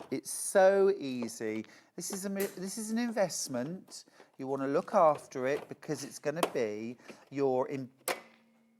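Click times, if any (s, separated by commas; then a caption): 8.1 s. Someone talks while an embroidery unit is slid onto the free arm of a sewing machine. A sharp click at 8.1 seconds marks the unit seating into place. The machine then goes into embroidery mode.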